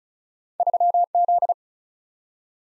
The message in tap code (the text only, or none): none